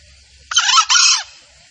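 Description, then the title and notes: Junglefowl giving a brief harsh call in two grating bursts separated by a tiny break, rising out of a quiet background and ending abruptly. Female junglefowl call used as a lure for trapping in the forest; the source also describes it as a male junglefowl sound used as a master lure call. "Pancingan Suara Ayam Hutan Betina. Suara ayam hutan jantan buat masteran pikat di hutan. Pemikat Ayam Hutan"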